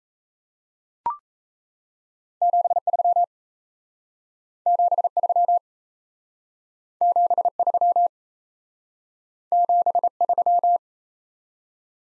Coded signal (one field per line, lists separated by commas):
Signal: Morse code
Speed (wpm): 36 wpm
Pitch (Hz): 700 Hz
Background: none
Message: 73 73 73 73